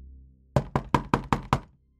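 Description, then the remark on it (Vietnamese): Someone locked inside a boarded-up house pounds violently on its door: six heavy, rapid thuds in an even, forceful rhythm, each blow loud and booming with a brief ringing decay, then silence. “Bên trong có tiếng đập cửa dữ dội”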